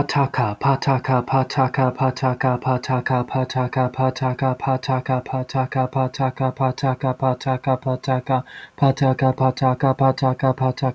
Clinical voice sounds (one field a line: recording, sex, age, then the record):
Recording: repeated syllables /pa ta ka/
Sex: male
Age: 30 to 39 years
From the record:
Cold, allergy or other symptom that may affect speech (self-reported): no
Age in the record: 37 years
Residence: Colorado, United States